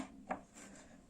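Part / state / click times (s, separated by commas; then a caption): cabinet light fixture into its mounting clip / seated / 0.3 s. A cabinet lighting fixture is pressed into its mount or clip inside the cabinet. A single soft knock is heard at 0.3 s over a low, steady background. The light snaps into its mount and is confirmed fully seated.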